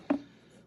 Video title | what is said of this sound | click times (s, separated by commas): Rellytech Profession Frozen Drink Maker | Just locks into place there. | 0.1 s